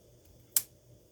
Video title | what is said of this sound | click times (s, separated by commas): Final video to rebuild of your rear differential rebuild | hear that snap once you hear that snap that means you phone we got your coupler | 0.6 s